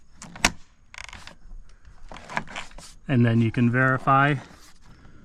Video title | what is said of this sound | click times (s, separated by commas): How to fix vinyl siding that is loose at the top | as you go you hear a little click and then you can | 0.5 s